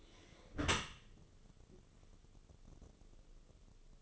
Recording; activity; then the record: daily activity, microphone in the room; close dishwasher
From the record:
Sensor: 4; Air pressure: 1015.8 hPa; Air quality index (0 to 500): 100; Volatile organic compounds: 2 ppm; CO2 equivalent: 1122 ppm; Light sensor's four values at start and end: 8/18/7/7 and 8/18/7/7